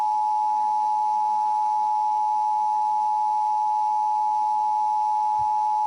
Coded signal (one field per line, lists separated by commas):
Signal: Emergency Alert System (SAME) tones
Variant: 853 and 960 Hz attention tone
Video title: TESTS BEFORE ST. PATRICK'S DAY... EAS Alerts from 3/9/22-3/16/22 (EAS 919-925)